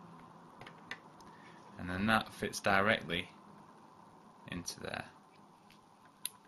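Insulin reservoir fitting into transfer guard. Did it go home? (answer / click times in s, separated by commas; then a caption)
yes / 6.3 s. A plastic transfer guard is pushed straight onto an insulin reservoir during a Medtronic VEO Sure T infusion setup while someone talks, with a few faint ticks early on. A single sharp, loud click at 6.3 seconds shows the reservoir has seated in the transfer guard.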